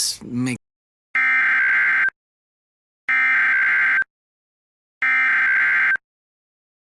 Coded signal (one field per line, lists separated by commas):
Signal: Emergency Alert System (SAME) tones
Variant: header bursts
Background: speech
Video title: EAS Scenario: Cartoon Cat